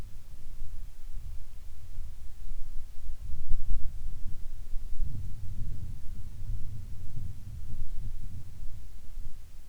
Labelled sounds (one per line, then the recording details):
wind
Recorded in the Arctic National Wildlife Refuge, Alaska, on 7 July 2019 at 19:30
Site 41